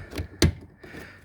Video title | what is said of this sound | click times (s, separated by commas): BMW E46 Rear brake light replacement | clockwise until it locks into place and that | 0.4 s